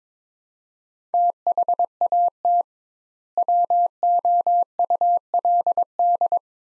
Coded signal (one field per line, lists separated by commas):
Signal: Morse code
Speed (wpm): 22 wpm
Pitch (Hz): 700 Hz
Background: none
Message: THAT WOULD